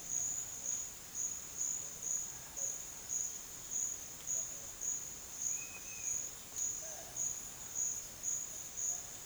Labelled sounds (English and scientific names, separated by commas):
none